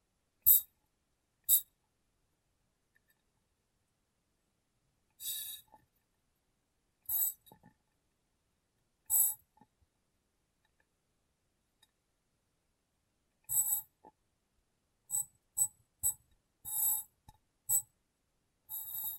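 Glass brain being tapped and cleaned, with sharp bright clicks and short scraping bursts arriving irregularly, separated by silent gaps, denser toward the end.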